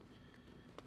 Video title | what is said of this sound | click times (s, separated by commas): FRDP 200 Video 09 01a 3M Unit Decon Procedures | and it's important to make sure it fully clicks on | 0.8 s